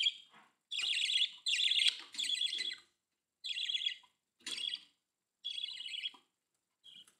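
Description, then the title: Budgerigar chatter, a series of buzzy warbled chirps in short bursts with small gaps, ending with a faint final note. "Budgie Sounds"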